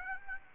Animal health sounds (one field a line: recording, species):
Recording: mosquito wingbeat signal from an infrared sensor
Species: Aedes aegypti